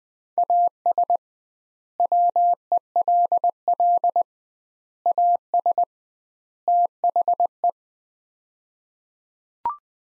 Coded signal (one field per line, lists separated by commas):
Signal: Morse code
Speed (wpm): 20 wpm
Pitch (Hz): 700 Hz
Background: none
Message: AS WELL AS THE